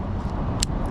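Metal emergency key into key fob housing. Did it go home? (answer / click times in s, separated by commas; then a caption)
yes / 0.6 s. A metal emergency slide key is slid back into a Toyota key fob housing over steady low background rumble. A single sharp click at 0.6 s marks it latching, and the key is seated.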